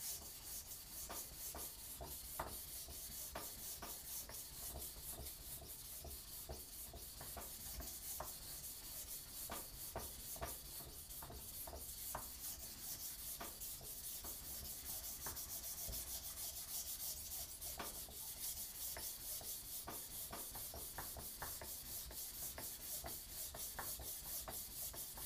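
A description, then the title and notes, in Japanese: A knife is sharpened on a whetstone with a steady, dense scraping hiss, punctuated by frequent short strokes throughout, with a faint low hum beneath. 環境音 久しぶりの包丁研ぎ。3本研いで少し疲れました。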